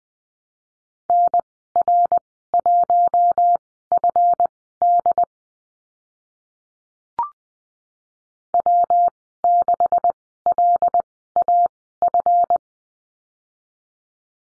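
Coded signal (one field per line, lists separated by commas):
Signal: Morse code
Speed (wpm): 20 wpm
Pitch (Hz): 700 Hz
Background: none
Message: NR1FD W6LAF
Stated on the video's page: Morse course lesson on letter Y with call signs, Farnsworth speed 20/10wpm.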